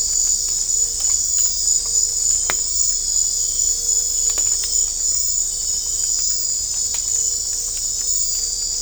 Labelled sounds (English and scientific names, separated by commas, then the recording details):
none
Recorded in dense forest near Puerto Asís, Putumayo, Colombia, on 22 December 2024 at 20:30
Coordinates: 0.500, -76.322
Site G053